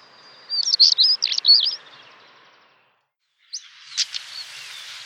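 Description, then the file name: European stonechat song: a rapid scratchy phrase of high twittering notes, then a pause and a few sharper notes over a rushing background hiss. "svarthakad buskskvatta"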